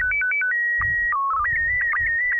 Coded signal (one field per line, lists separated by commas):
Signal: SSTV (slow-scan television)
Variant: PD 120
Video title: N6NA SSTV Net - 04/21/2021